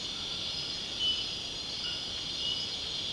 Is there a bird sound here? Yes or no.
no